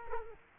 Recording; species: mosquito wingbeat signal from an infrared sensor; Culex quinquefasciatus